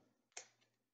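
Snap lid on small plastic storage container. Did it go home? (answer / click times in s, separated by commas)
yes / 0.4 s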